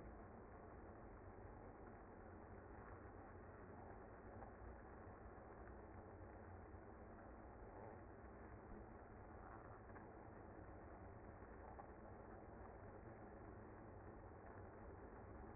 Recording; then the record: honeybee colony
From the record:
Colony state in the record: active